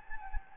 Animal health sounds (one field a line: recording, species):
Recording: mosquito wingbeat signal from an infrared sensor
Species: Anopheles gambiae